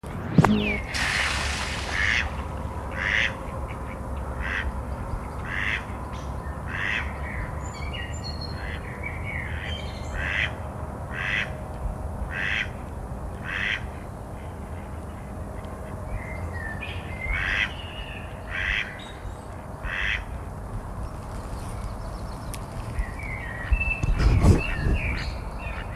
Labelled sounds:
Mallard
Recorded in the wild
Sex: male
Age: adult
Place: Malchower Aue, Berlin, DE
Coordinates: 52.5808, 13.4886
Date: 1990-04-06 20:19
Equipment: Riporter 6 RG-K, Halbspur, Sennheiser MKH 416 T
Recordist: Frommolt, Karl-Heinz

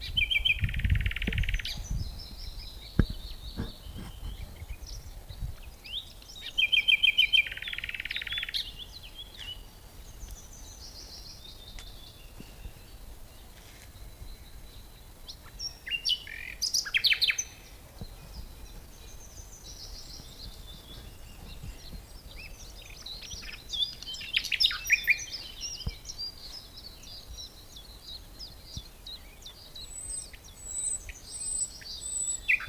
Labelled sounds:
Common Nightingale song
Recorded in the wild
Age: adult
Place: Lübars (Fließtal), Berlin, DE
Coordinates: 52.6167, 13.35
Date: 2001-04-28 11:45
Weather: fair, ca. 15°C
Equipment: Nagra SN, Kopie Uher 4000 Report Monitor
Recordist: Tembrock, Günter

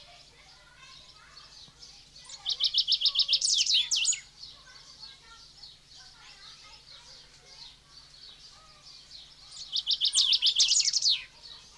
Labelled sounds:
Golden-billed Saltator song
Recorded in captivity
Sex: male
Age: adult
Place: Zoo Berlin, Berlin, DE
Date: 1991-06-03 10:00
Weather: cloudy, 12-15 °C
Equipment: Marantz, Sennheiser ME 80, Kopie Tesla B 116
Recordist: Tembrock, Günter

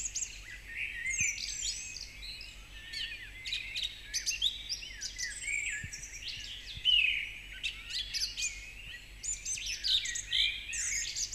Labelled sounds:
Song Thrush song
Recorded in the wild
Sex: male
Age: adult
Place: Marburg, Hessen, DE
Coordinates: 50.8089, 8.76861
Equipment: Uher 4100 Report-V, Sennheiser MKH 804
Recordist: Brunner, Thomas

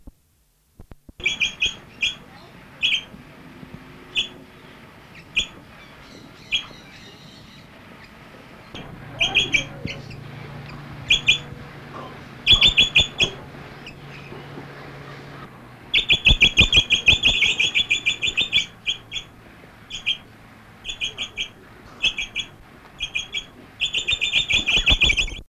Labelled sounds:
Australian Ringneck call
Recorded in captivity
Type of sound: call
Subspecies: macgillivrayi
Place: Vogelpark Walsrode, Niedersachsen, DE
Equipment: Halbspur, 9,5 cm/s
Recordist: Lütgens, Hans

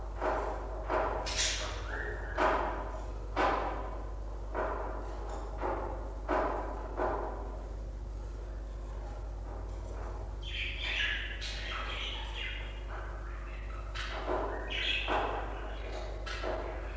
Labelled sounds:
Budgerigar call
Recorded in captivity
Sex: group
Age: adult
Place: Zoologisches Institut der HUB, Berlin, DE
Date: 1966-11-20
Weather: Zimmertemperatur
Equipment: Smaragd
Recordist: Heydecke, Rolf

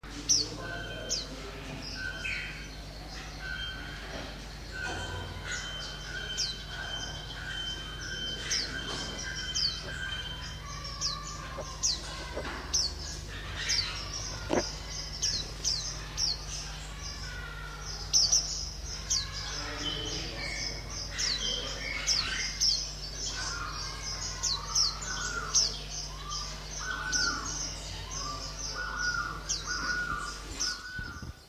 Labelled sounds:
Oriental White-eye call
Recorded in captivity
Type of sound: call
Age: adult
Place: Zoo Berlin, Berlin, DE
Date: 1987-11-21 11:09
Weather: partly cloudy, 1-3°C
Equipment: 19 cm Stereo
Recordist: Tembrock, Günter
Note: Zwei Exemplare: Rufe (Kurzlaute)

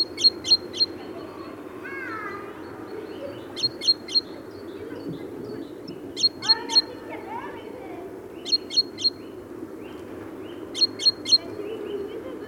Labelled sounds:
Great Tit
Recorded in the wild
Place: Putbus, Insel Rügen, Mecklenburg-Vorpommern, DE
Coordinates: 54.354, 13.48
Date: 1980-02-21
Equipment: Nagra III BH, Sennheiser MD 21, parabola
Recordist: Schubert, Michael
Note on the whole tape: Kohlmeise, aberranter Gesang, Rufe

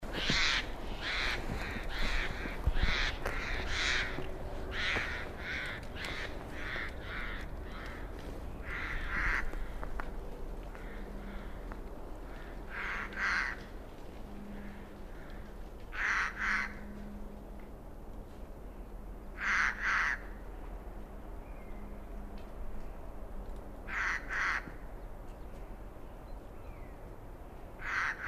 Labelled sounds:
Eurasian Jay call
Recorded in the wild
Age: adult
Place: Kremmen, Kremmener Luch, Brandenburg, DE
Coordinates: 52.7531, 13.0597
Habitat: decidous forest
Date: 2013-03-16 10:12
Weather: sunny, almost windless, -10°C
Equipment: Sound Devices 702, Sennheiser MKH 70, Rycote Windschutz
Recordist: Frommolt, Karl-Heinz

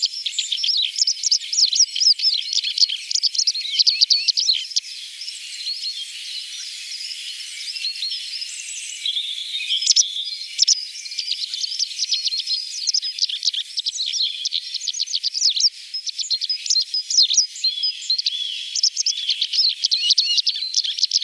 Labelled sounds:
White Wagtail song
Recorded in the wild
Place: Lilienhof / Kaiserstuhl, Baden-Württemberg, DE
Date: 1989-03-26
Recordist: Schwarz, Dieter

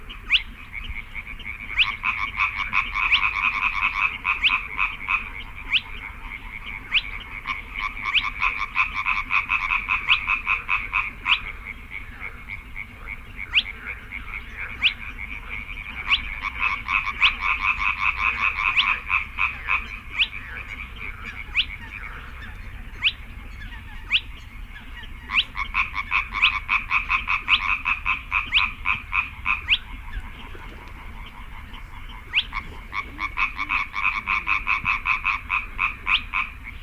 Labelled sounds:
Spotted Crake
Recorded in the wild
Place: Kützerhof, Kummerower See, Mecklenburg-Vorpommern, DE
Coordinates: 53.8536, 12.8675
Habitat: wetland
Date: 2009-05-07 23:07
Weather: bedeckt, windstill, ca. 10°C
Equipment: Sound Devices 702, Sennheiser MKH 70, Rycote Windschutz
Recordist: Frommolt, Karl-Heinz

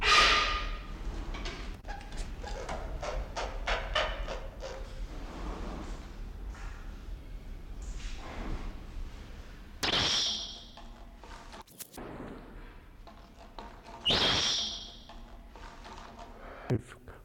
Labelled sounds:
Chilean Tinamou call
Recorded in captivity
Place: Zoo Berlin, Berlin, DE
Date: 1992-07-11 11:50
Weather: bedeckt, z.T. Regen, 17-22°C
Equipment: Marantz CP 430, Sennheiser ME 80, Kopie Tesla B 116
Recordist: Tembrock, Günter

